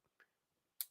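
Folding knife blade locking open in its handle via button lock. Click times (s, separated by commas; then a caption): 0.8 s. A button-lock folding knife is flicked open, with a faint soft tick at about 0.2 s as the blade swings out. The lock engages with a sharp, bright click at 0.8 s, and the blade snaps into place on a firm detent without bouncing out.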